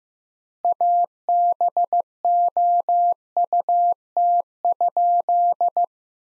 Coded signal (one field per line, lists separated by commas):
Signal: Morse code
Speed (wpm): 15 wpm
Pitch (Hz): 700 Hz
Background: none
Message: ABOUT?